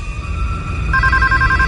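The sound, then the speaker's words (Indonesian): An office telephone rings at 1 a.m. with a steady electronic tone that shifts into a rapid, warbling pulse partway through, heard over a constant low rumble. “Memang ketika jam-jam mau tutup, selalu saja ada telepon berbunyi.”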